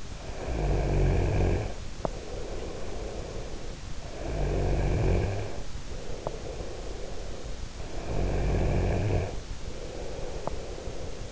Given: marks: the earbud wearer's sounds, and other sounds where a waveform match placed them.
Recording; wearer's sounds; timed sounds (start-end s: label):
sounds in sleep by an in-ear microphone; snoring breath
0.00-3.78 s: snoring breath
4.05-7.64 s: snoring breath
7.80-11.32 s: snoring breath